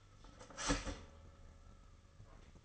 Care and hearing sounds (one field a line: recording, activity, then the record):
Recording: daily activity, microphone in the room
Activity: start toaster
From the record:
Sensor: 4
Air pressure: 996.0 hPa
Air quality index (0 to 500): 67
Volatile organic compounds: 2 ppm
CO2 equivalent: 1212 ppm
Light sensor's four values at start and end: 14/34/13/14 and 13/30/12/13